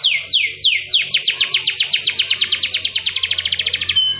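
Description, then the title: Canary song of sharply falling whistled notes that quicken into a fast, even trill before ending on a short high note; faint low hum in the background. Canary singing a long-duration song in the cengkok style, the Indonesian term for its song phrasing. "Cengkok Kenari Mewah. Kenari mewah durasi panjang. Cengkok enak gaya istimewa"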